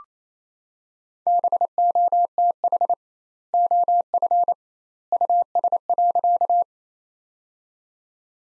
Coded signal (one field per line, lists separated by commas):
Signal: Morse code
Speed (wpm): 28 wpm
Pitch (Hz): 700 Hz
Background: none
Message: BOTH OF US.